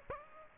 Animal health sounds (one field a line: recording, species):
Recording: mosquito wingbeat signal from an infrared sensor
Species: Aedes aegypti